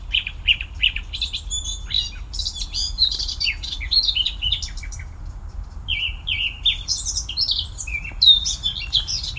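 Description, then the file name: Eurasian blackcap song: bursts of rapid, chattering high notes, then clearer whistled phrases toward the end, over faint low rumble. "Sylvia atricapilla"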